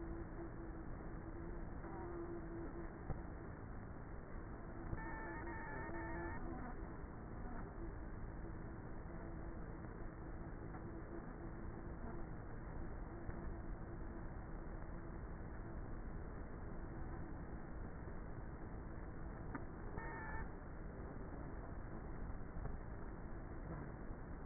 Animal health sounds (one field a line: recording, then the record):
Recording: honeybee colony, microphone inside the hive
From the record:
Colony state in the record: queenless with a low population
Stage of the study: before two queens were removed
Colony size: about 30,000 bees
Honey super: no